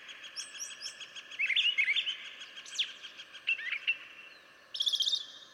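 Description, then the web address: Brown Thrasher song, a jumble of sharp slurred phrases with short pauses, ending in a buzzy high burst. "birdsongforthecurious Brown Thrasher"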